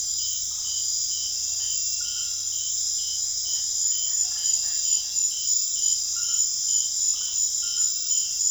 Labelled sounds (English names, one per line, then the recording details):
none
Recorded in secondary vegetation near Puerto Asís, Putumayo, Colombia, on 25 June 2025 at 22:30
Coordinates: 0.500, -76.326
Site GP08